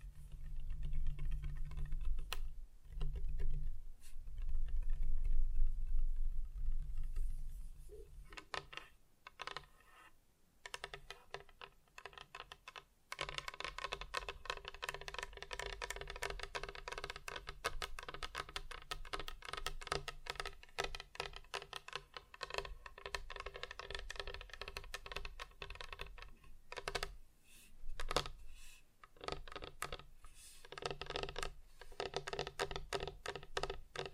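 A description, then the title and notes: Fingers tap on different surfaces, fast and dense, with no talking. For the first eight seconds the taps sit over a low steady hum. After a near-silent gap around ten to twelve seconds, brighter clicking tapping runs on, broken by short pauses near 26 and 29 seconds. ASMR Just Tapping (Different Surfaces No Talking).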